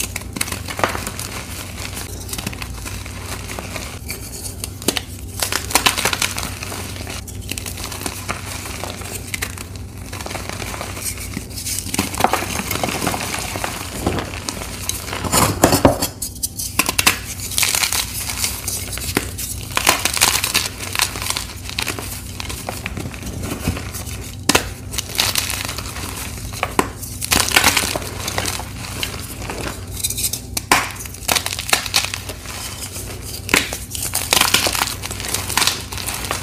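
Blocks of gym chalk are crushed without pause, giving a dense, continuous run of crumbly crunching and crinkling. Sharp, bright cracks and snaps break through every second or two, with a few louder bursts around 15 and 24 seconds, over a faint low hum.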